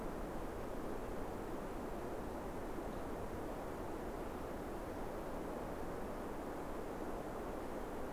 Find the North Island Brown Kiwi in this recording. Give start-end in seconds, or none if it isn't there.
none